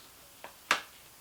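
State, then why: Seated. The flip-off quick-release mount of an EoTech G33 3x magnifier by L3 is put back on a rifle's rail and locked down. A faint tap at about 0.4 s is followed by one sharp, bright snap at 0.7 s as the mount locks into place and is seated.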